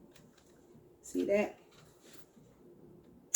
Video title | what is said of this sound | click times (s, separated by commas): Pt. 1- Urban Carry Lock Leather RMR/RDS Holster Review - 🔴Version | it's in there it's secure okay | 3.4 s